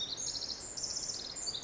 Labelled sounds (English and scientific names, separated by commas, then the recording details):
Pacific Wren (Troglodytes pacificus)
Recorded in Sonoma County, California